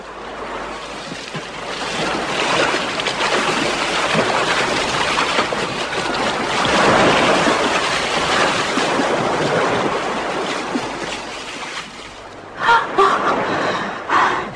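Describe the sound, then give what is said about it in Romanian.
Gentle sea waves lap and wash in a steady, hissing murmur, with a brief brighter splash near the end and no voices. “Ce liniștită e marea.”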